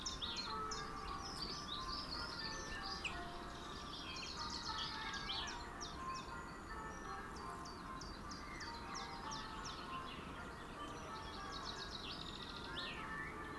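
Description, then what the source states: Song thrush singing repeated sharp, high phrases in quick bursts against steady low background noise. Male singing.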